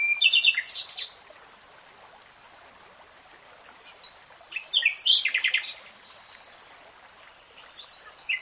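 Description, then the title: Nightingale song in short bursts: varied chattering notes, a pause, then a loud rapid phrase of repeated notes, with faint calls at the end over a soft hiss. Nightingale singing in real time. "[Tiếng chim hót] 3 Hours REALTIME Nightingale Singing"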